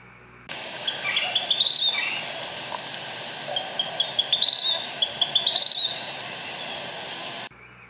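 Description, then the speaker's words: Vermilion flycatcher song: thin high notes stuttering and rising into a sharp upslurred peak, repeated three times, over faint steady background hiss. "Find the vermilion flycatcher in your ID guide now, and we'll play their call."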